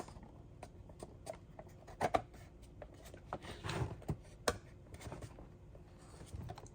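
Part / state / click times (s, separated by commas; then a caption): replacement controller panel side going into an arcade cabinet / not seated / none. While the stock controller of a small arcade cabinet is swapped for a three-button controller, one side of the replacement controller panel is pressed into the cabinet, giving light taps and scrapes with sharper knocks around 2.0–2.2 s and 4.5 s. That side has not clicked in or seated yet.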